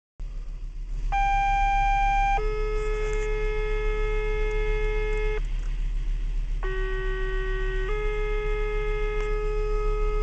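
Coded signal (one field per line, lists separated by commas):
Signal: two-tone page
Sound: two sequential tone pairs, each a short higher tone then a long lower tone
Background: low radio hum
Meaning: Sequential tone pairs that activate fire and rescue pagers in a test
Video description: all of our county's pager tones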